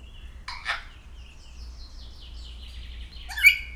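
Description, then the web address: Grey parrot giving a short harsh squawk, then a run of soft descending whistled notes, ending in a loud rasping call. Captive grey parrot at Szeged Zoo, Hungary, 2011, calling continuously every day. "allathangok szegedizoo 2011 standardt jakopapagaj folyamatosanaprankent"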